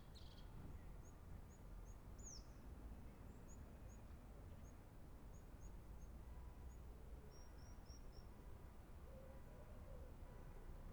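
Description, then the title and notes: European crested tit calls, a series of faint high thin notes with a couple of quick downslurred chips, over constant low background rumble. Recorded from an inner corridor of Montjuïc Cemetery, Barcelona, facing the Olympic Ring. "Cementiri de Montjuic. herrerillo capuchino (Lophophanes cristatus)"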